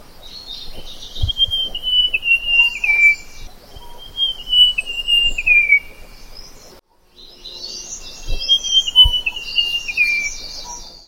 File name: sibia kepala hitam